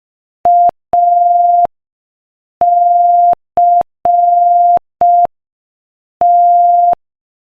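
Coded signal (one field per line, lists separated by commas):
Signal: Morse code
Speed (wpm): 5 wpm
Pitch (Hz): 700 Hz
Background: none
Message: ACT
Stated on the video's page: Morse code practice at 5 wpm.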